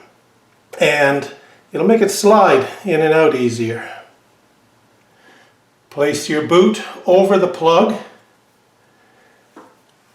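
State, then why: Not seated. A rubber spark plug boot is placed and lined up over the spark plug, ready to be pushed down. Someone talks through most of the clip, and the handling is quiet, with a brief faint sound near 9.6 s. Nothing has seated or clicked yet.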